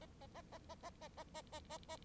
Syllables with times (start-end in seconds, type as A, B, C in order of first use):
0.00-0.06 A, 0.20-0.27 A, 0.34-0.42 A, 0.51-0.58 A, 0.69-0.75 A, 0.83-0.90 A, 1.01-1.08 A, 1.17-1.24 A, 1.34-1.42 A, 1.52-1.60 A, 1.69-1.78 A, 1.88-1.97 A